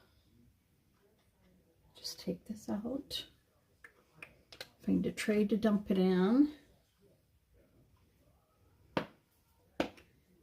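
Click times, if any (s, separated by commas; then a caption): 9.0 s, 9.8 s. A plastic lid is pressed onto a storage container after its contents are dumped in, while someone talks. Two sharp snaps are heard at 9.0 s and 9.8 s, showing the lid is seated and shut.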